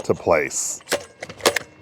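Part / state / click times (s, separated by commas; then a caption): lower shaft tube into upper shaft assembly of a string trimmer / seated / 1.5 s, 1.6 s. A NovorikX 60V battery-operated string trimmer's lower shaft tube is pushed into the upper shaft assembly until the square spring button snaps into its notch. Sharp plastic and metal clicks are heard at 1.5 s and 1.6 s, and the coupling latches in and is seated. Someone talks briefly during the clip.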